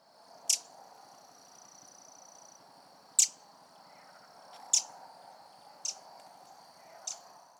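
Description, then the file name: Eurasian wren giving short, sharp ticking calls, five in about seven seconds at uneven gaps, over a steady faint high hiss and low background rumble. "Troglodytes troglodytes"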